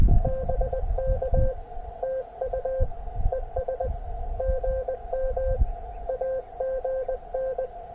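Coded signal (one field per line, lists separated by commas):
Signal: Morse code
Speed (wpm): 20 wpm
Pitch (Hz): 520 Hz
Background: none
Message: BK TU ES GM AGN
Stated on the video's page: CW POTA activation and CWops CWT contest run on a KX2 at 5 watts QRP.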